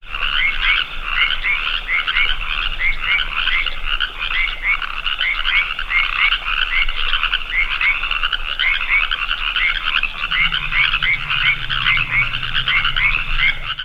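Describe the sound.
California treefrog chorus, many short rasping notes overlapping in a continuous dense din, with a low rumble entering near the end.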